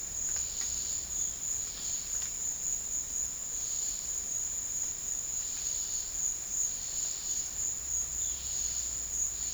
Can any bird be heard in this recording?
no